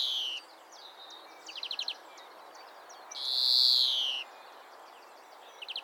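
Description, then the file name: European greenfinch with a single long buzzy wheeze midway, surrounded by faint ticking notes and brief rattling trills. "Chloris chloris"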